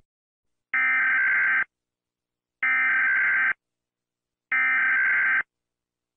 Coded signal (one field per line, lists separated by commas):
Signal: Emergency Alert System (SAME) tones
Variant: header bursts